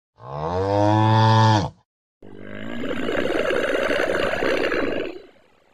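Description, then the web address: Kouprey giving a strong moo, then after a short pause a rough, hoarse, breathy bellow lasting about three seconds. "Kouprey. صدای-گاو-کامبوجی"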